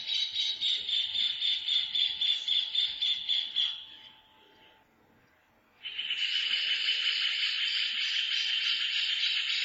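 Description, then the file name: Rufous hornero: a fast, pulsing series of loud, shrill notes, a brief lull, then an even denser, continuous chatter of high notes lasting several seconds. "Furnarius rufus"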